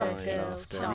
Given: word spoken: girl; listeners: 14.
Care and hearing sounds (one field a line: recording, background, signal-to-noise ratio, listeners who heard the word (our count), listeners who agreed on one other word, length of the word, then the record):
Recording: one English word in noise, from a listening test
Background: four-talker babble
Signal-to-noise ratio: 0.0 dB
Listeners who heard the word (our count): 4 of 14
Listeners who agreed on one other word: 8 of 14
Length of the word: 0.54 s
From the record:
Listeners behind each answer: 8, 4, 1, 1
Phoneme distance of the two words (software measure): 7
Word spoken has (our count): 1 syllable, 3 phonemes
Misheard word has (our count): 1 syllable, 4 phonemes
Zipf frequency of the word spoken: 5.29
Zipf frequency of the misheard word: 5.23